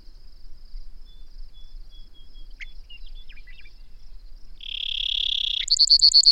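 Bird song opening with scattered brief chirps, then a sustained buzzy note and a quick burst of repeated high notes; a thin continuous high tone runs throughout.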